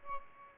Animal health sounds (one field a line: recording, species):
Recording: mosquito wingbeat signal from an infrared sensor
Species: Aedes albopictus